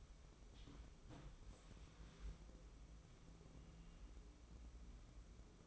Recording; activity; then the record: daily activity, microphone in the room; wipe stove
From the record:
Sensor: 1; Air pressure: 996.1 hPa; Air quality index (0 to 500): 73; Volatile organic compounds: 3 ppm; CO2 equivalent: 1531 ppm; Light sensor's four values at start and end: 28/102/38/39 and 28/102/38/39